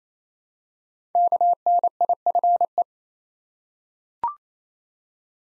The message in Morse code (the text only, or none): KNIFE